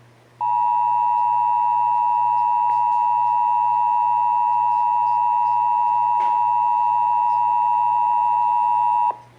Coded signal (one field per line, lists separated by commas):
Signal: Emergency Alert System (SAME) tones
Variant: 853 and 960 Hz attention tone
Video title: (EAS #407-414) April 2023 Texas Required Monthly Test